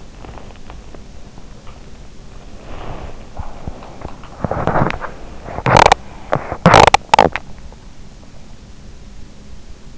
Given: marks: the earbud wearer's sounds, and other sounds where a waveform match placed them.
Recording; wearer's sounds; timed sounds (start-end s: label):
sounds in sleep by an in-ear microphone; body movement, teeth grinding
0.00-4.91 s: body movement
5.14-7.45 s: teeth grinding